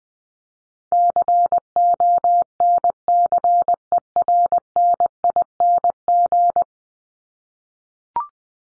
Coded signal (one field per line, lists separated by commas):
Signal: Morse code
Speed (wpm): 20 wpm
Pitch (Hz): 700 Hz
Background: none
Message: CONCERNING